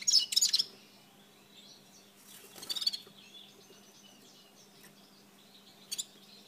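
Red-fronted serin calls: a quick bright chirping burst, a buzzy trill a couple of seconds later, then one final short chirp, amid quiet hiss.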